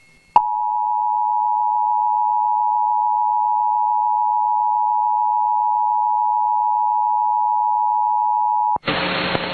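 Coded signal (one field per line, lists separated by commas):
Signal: Emergency Alert System (SAME) tones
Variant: 853 and 960 Hz attention tone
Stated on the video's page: Flash flood warning received on a Sangean Moment radio.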